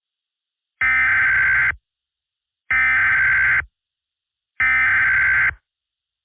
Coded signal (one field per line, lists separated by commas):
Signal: Emergency Alert System (SAME) tones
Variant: header bursts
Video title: EAS Scenario 3: Buzz.exe